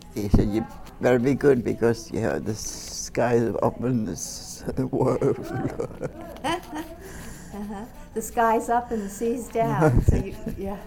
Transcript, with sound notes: he said, "You'd better be good, because you have the sky open, it's the world." ( they laugh )
( she laughs ) Uh-huh. The sky's up, and the sea's down. Yeah.